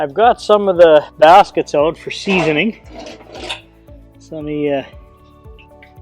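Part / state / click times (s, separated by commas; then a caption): door latch on a drum smoker / not seated / none. Someone talks, then pushes the steel door of an Oklahoma Joe's Bronco 2.0 drum smoker shut, producing only soft knocking and rattling, with sharp knocks near 3.9, 5.6, 5.8 and 6.0 seconds. The door latch fails to catch, so nothing has seated or clicked yet.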